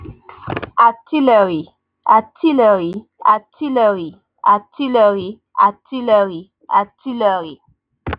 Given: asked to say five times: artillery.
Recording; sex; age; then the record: repeated word; female; 30 to 39 years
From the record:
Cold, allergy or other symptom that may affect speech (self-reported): no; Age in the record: 33 years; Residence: Maryland, United States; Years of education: 17